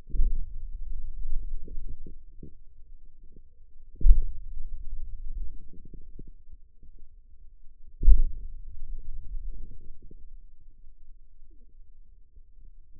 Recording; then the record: forearm muscle sounds (acoustic myography)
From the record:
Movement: hand opening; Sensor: system 2, bracelet of six BSWA MPA416 microphones around the upper forearm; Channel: 2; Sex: male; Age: 22 years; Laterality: right